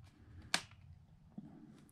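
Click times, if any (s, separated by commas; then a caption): 0.5 s. A laptop's plastic panel is pressed back onto the chassis during reassembly of an Alienware M15 after a battery replacement, and the little outer clips snap home. A sharp, bright click at 0.5 seconds stands out above faint handling noise, followed by softer taps. The plastic case clips are seated and the panel pops back together.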